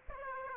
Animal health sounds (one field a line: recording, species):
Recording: mosquito wingbeat signal from an infrared sensor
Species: Aedes aegypti